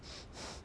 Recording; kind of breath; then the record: one breath in and out by a microphone near the nose and mouth; strong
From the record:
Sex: male